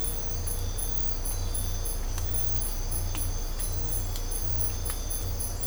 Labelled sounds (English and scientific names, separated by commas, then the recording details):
none
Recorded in dense forest near Puerto Asís, Putumayo, Colombia, on 20 December 2024 at 05:00
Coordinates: 0.503, -76.323
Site G043